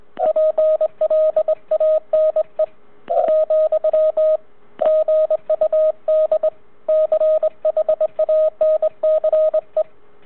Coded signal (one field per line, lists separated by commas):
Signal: Morse code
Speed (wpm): 21 wpm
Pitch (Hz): 620 Hz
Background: radio noise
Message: PLANE , GUD CHANCE